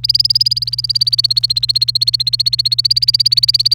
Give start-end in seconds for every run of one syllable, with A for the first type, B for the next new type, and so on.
0.04-3.74 A